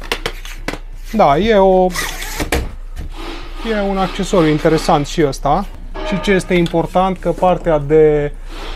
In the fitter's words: Trebuie doar să împingi până când se aude un clic și se blochează în poziție.